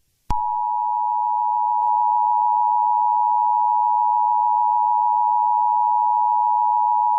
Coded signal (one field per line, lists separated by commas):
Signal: Emergency Alert System (SAME) tones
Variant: 853 and 960 Hz attention tone